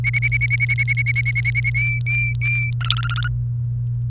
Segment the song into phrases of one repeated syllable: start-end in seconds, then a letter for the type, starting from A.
0.04-1.70 A, 1.75-2.71 B, 2.81-3.28 C